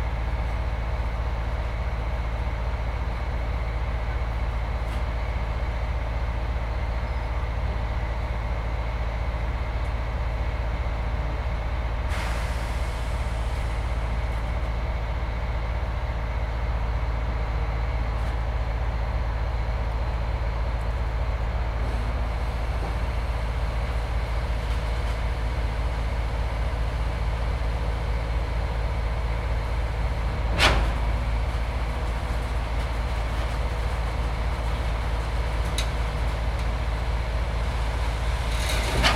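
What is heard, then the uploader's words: Machinery runs steadily throughout as a foundation is poured, a constant low engine drone with a dense, unchanging rumble and a faint hum above it. A short hiss rises around twelve seconds, and a sharp clank cuts through near thirty-one seconds. Sounds of a foundation being poured.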